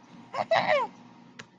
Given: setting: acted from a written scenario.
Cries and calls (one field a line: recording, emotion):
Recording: vocal sound without words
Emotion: triumph